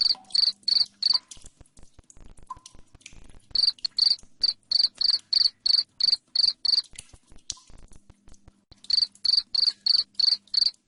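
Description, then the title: Cricket chirping in three loud runs of sharp high pulses, each run separated by a couple of seconds of quieter ticking. Loud cricket chirping ('ngerik') played to make lovebirds sing continuously ('ngekek'). "Suara JANGKRIK NGERIK Keras Bikin LOVEBIRD Jadi NGEKEK Terus Vubey"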